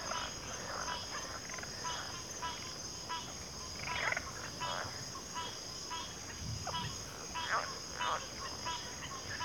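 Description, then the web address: Crickets in a steady high continuous trilling chorus, with frequent bursts of clicking calls underneath. Cricket chorus at a backwater. "WLL Grade 1-12 Pre-Uni Library Natures Songs Sleep Sounds of Nature CRICKETS Backwater Chorus"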